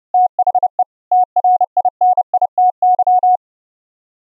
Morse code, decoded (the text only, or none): THE TRINITY